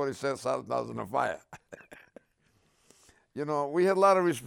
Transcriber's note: laughs